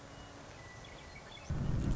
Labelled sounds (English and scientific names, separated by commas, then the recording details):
Western Meadowlark (Sturnella neglecta)
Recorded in Sonoma County, California